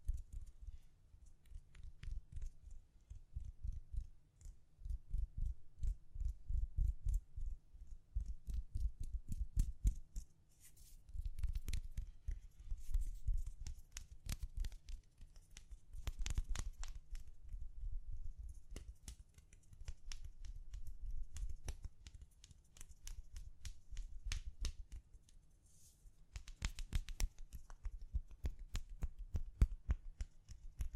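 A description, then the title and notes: Gentle tapping runs through the whole clip as rapid, closely spaced taps, each with a soft low thud and a crisp clicky edge. The rhythm comes in bursts with brief pauses near 4, 11, 16 and 26 seconds, and a few taps land sharper than the rest. ASMR Gently Tapping You to Sleep (No Talking).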